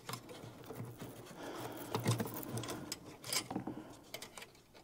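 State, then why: Not seated. A small connector block is pushed against a car headlight bulb socket during a headlight bulb change, making soft scraping, rattling and fumbling sounds with a few brief louder scuffs around 2.0–2.1 s and 3.3–3.4 s. The connector block has not seated or clicked into the socket yet.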